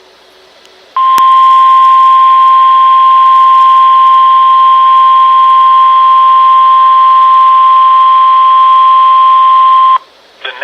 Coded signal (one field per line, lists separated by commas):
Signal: Emergency Alert System (SAME) tones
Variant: 1050 Hz attention tone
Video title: NOAA Radio(EAS # 539) River Flood Warning 12/15/18